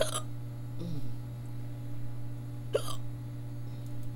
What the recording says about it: Been burping a lot and then I hiccup. I have the hiccups. Oh, ouch. Got an actual case just by burping.